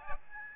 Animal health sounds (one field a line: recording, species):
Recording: mosquito wingbeat signal from an infrared sensor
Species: Aedes albopictus